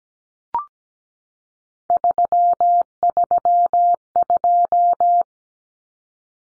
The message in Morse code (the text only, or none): 332